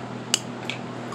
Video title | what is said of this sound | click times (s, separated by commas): * Husqvarna lc 221a carburetor repair 625ex briggs and stratton lawn mower | push this down till it clicks once you get that in there just get it lined up slick | 0.3 s, 0.7 s